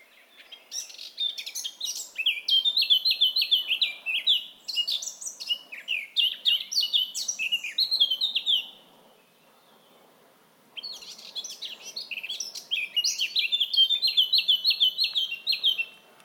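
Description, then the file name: Eurasian blackcap song: two long bursts of fast, varied high warbling with whistled and chattering notes, separated by a pause of about two seconds. "Sylvia atricapilla"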